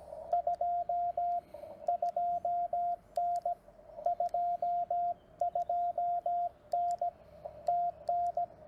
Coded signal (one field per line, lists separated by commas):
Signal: Morse code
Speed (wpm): 17 wpm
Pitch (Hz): 700 Hz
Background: radio noise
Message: 22N 22N TN